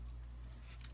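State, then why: Seated. The plastic wing of a brick-built Clone Wars V-19 Torrent starfighter (set 7674) is folded up so that a short plastic Technic piece, attached to the brick on its underside, catches it. A short, sharp click sounds at 0.9 s over a steady low hum, and the wing locks in place.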